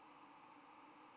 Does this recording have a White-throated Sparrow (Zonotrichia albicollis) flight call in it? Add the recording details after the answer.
no. Another species' flight call is heard. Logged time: 08:14 on 10 November 2014